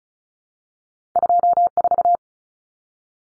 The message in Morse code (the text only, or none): 24